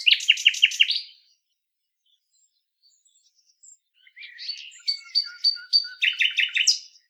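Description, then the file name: Common nightingale: a quick stuttering series of loud notes, a pause of silence, then a richer varied phrase ending in rapid repeated notes. "Luscinia megarhynchos"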